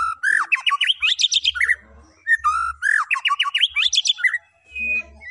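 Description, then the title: White-rumped shama song: two rich, fast phrases of varied whistled and rising notes climbing to high sweeps, separated by a short pause. Actively singing (gacor) white-rumped shama; a lure recording meant to make the bird respond. "MURAI BATU GACOR"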